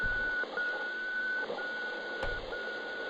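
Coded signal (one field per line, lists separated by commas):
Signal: radiosonde or satellite telemetry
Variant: heartbeat telemetry tone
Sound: steady mid-pitch tone interrupted by three short gaps, each with a dull thump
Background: radio hiss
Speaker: voici comment des moniteurs cardiaques de l'époque était transmis par radio voilà donc un vrai enregistrement audio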